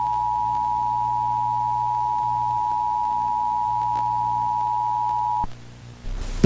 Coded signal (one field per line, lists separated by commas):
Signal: Emergency Alert System (SAME) tones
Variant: 853 and 960 Hz attention tone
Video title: EAS Scenario - Matt Walsh Escapes The Virgin Realm